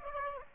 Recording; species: mosquito wingbeat signal from an infrared sensor; Aedes aegypti